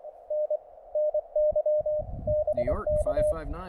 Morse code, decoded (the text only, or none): N NY BK